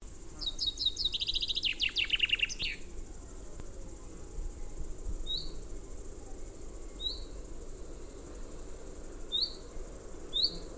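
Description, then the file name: Common chaffinch song: a quick descending trilled phrase at the start, then four single high call notes amid soft background noise. "Fringilla coelebs"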